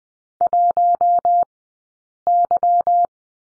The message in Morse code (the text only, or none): 1Y